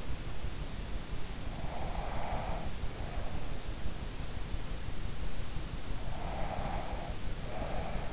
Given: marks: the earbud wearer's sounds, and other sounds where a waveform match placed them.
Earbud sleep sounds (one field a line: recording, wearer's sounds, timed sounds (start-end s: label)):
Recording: sounds in sleep by an in-ear microphone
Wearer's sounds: breath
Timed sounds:
1.70-3.52 s: breath
6.29-8.13 s: breath